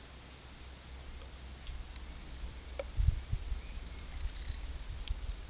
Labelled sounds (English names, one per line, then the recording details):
none
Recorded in pastures near Puerto Asís, Putumayo, Colombia, on 26 December 2024 at 13:00
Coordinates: 0.472, -76.329
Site G072